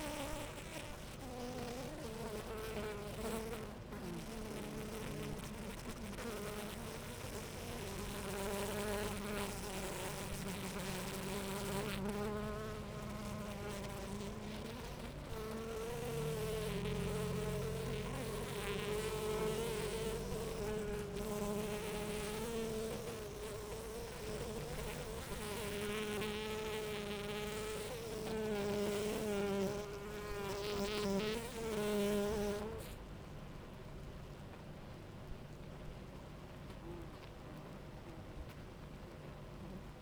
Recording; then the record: honeybee colony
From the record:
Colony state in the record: active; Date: 28 July 2017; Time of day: 10:02